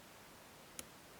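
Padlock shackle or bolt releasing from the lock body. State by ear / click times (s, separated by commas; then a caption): released / 0.8 s. A picked brake-disc padlock clicks open as its shackle or bolt releases from the lock body. A single sharp, bright click at 0.8 s stands out against a quiet background. The lock is released.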